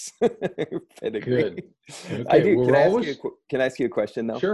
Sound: laughs